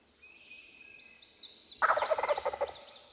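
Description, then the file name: Wild turkey gobble, a sudden burst of quick, gurgling pulses under a second long, over a background of high, sweeping songbird whistles. "Wild Turkey - Meleagris gallopavo"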